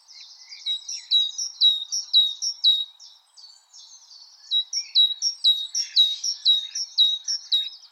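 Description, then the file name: Great tit singing a bright, rhythmic two-note phrase, high then lower, repeated about twice a second in two bursts separated by a short pause, with faint chatter behind. "Parus major"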